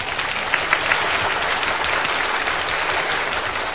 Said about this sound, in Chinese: 今晚咧好荣幸，请到刘夫人担任时装比赛嘅总评判。请大家俾啲掌声，欢迎刘夫人。